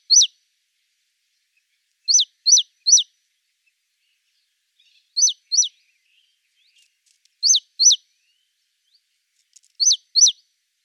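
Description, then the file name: Great tit giving thin, high call notes that drop steeply, single or bunched in twos and threes and repeated every couple of seconds against a silent background. "Parus major"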